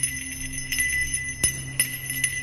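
A small brass bell, held up high, rings with several quick shakes, its bright, high metallic tones shimmering and sustaining between strikes at a moderate level, with no voices.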